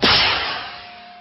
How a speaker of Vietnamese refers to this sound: liền lục túi đeo hông, lấy khẩu súng bắn pháo hiệu ra. Đùng một phát, quả pháo sáng vút lên từ ngọn cây đa.